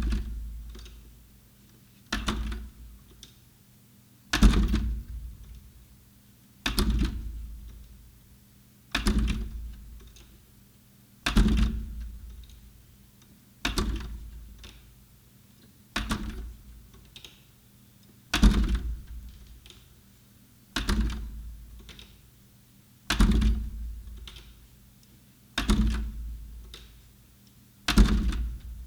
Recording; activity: daily activity, guitar pickup as the sensor; manipulate door